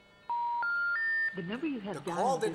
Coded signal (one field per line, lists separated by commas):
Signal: telephone call progress tone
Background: speech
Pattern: special information tone